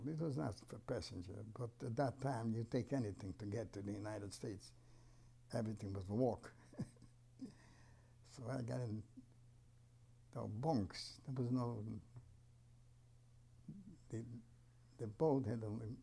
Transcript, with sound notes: It was not for passenger, but that time you take anything to get to the United States. Everything but walk. [Chuckles] So I got in. Bunks, there was — the boat had only